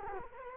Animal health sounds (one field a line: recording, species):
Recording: mosquito wingbeat signal from an infrared sensor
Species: Culex quinquefasciatus